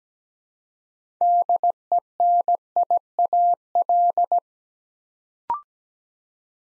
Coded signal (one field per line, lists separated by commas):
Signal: Morse code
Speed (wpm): 17 wpm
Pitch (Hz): 700 Hz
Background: none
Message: DENIAL